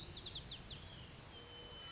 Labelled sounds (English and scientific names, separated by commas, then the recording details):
White-crowned Sparrow (Zonotrichia leucophrys)
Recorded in Sonoma County, California